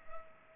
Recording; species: mosquito wingbeat signal from an infrared sensor; Culex pipiens